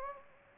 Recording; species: mosquito wingbeat signal from an infrared sensor; Anopheles gambiae